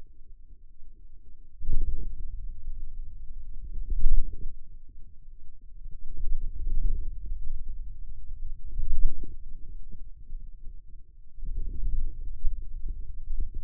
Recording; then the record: forearm muscle sounds (acoustic myography)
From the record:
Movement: wrist flexion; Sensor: system 2, bracelet of six BSWA MPA416 microphones around the upper forearm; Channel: 5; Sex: male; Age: 22 years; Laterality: right